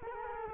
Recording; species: mosquito wingbeat signal from an infrared sensor; Culex quinquefasciatus